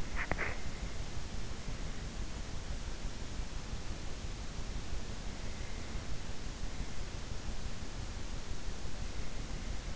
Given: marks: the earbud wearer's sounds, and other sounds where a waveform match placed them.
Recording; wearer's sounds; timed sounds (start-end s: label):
sounds in sleep by an in-ear microphone; swallowing
0.00-0.78 s: swallowing